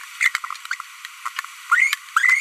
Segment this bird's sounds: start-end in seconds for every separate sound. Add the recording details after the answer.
0.21-0.28, 0.71-0.74, 1.72-1.94, 2.16-2.40. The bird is a female. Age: 25 days. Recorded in a nest box in Venezuela. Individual 17B42B1